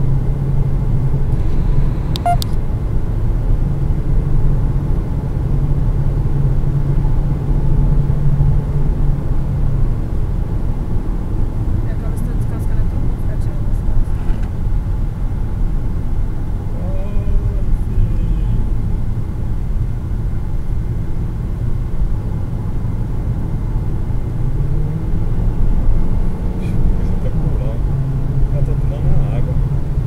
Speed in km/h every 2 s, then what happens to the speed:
134, 134, 136, 138, 137, 131, 126, 123, 112, 107, 110, 115, 121, 127, 132.
0-8 steady at about 136. 8-17 slows to 107. 17-30 speeds up to 132.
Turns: none.